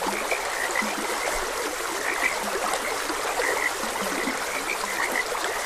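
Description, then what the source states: Scattered frog croaks, brief repeated notes with occasional lower calls, heard over the even hiss of a trickling stream. Frogs croaking beside a gentle stream.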